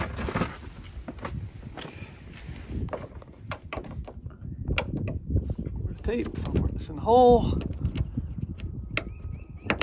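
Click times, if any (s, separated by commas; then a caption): 9.7 s. A plastic expanding clip for the OEM air deflector (bug shield) on a 2021 Ram Rebel is pressed into the square mounting hole in the hood while someone talks. Scattered handling knocks and taps lead up to a sharp click at 9.7 s as the clip pops in and seats.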